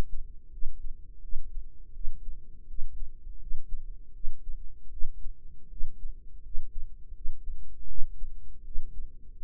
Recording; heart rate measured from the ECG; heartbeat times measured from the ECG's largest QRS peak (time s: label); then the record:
heart sounds by microphone in the right ear; 81 bpm
0.49 s: heartbeat
1.19 s: heartbeat
1.91 s: heartbeat
2.65 s: heartbeat
3.37 s: heartbeat
4.11 s: heartbeat
4.88 s: heartbeat
5.67 s: heartbeat
6.41 s: heartbeat
7.12 s: heartbeat
7.85 s: heartbeat
8.62 s: heartbeat
9.35 s: heartbeat
From the record:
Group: healthy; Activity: cold pressor test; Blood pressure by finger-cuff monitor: 127/74 mmHg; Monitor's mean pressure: 92 mmHg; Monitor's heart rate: 82 bpm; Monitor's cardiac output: 7 L/min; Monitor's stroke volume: 87 mL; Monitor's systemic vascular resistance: 950 dyn s/cm5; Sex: female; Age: 23 years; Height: 160 cm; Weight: 50.4 kg